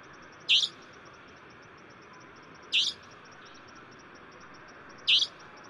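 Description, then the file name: Savanna nightjar giving loud, harsh, buzzy high-pitched calls, repeated roughly every two and a half seconds, over a steady background hiss and a faint insect-like ticking. "台灣夜鷹"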